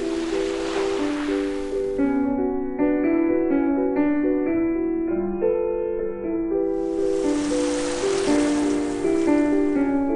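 A gentle piano melody plays steadily through the whole clip, single notes moving at an unhurried pace over held chords. Waves wash in softly at the start, fade out by about two seconds, then swell back from around six and a half seconds to the end.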